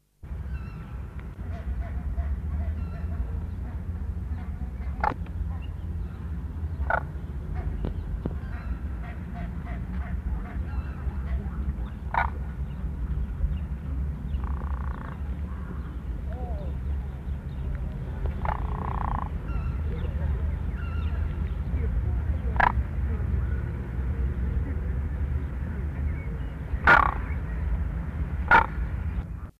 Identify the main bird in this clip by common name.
Demoiselle Crane